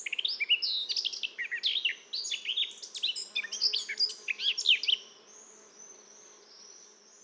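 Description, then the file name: Eurasian blackcap song: a fast, varied chattering warble of many scratchy and whistled notes for about five seconds, then near quiet with a faint high hiss. "Sylvia atricapilla"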